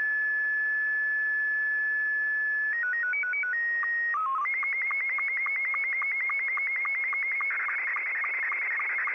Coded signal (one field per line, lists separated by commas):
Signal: SSTV (slow-scan television)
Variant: Scottie 2